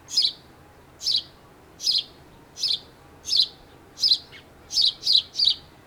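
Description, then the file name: House sparrow calls: a steady series of clipped chirps, ending in a quick run of three. "Passer domesticus"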